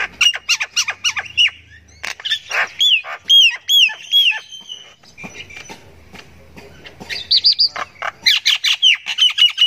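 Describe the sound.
Myna calling with varied chatter: clicks and squawks, then a run of repeated whistled notes, a quieter gap, and more whistled notes returning near the end.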